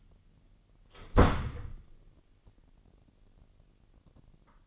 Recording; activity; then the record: daily activity, microphone in the room; close door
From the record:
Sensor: 4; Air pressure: 999.4 hPa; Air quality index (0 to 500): 117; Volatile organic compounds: 2 ppm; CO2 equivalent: 1153 ppm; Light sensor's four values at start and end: 13/31/12/13 and 12/30/12/13